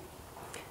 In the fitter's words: it's it's very positive you can you can feel and hear the click and it does not it really doesn't feel cheap